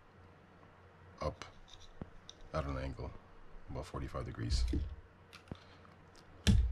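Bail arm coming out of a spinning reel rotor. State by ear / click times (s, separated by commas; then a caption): released / 6.5 s. The metal bail arm of a Shimano Stradic 4000FJ spinning fishing reel is tilted to about 45 degrees and popped out of its mount on the rotor during disassembly. Someone talks over a few small clicks, then one sharp pop at 6.5 s as the arm comes free of its seat.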